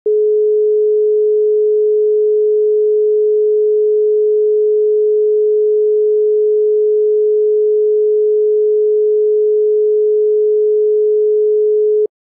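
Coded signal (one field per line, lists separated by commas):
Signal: telephone call progress tone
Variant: Europe, 425 Hz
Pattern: dial tone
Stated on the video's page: Philippine call-progress tones per international sources: dial, busy, ringback, number unobtainable, call waiting, special dial, congestion, holding, howler, conference.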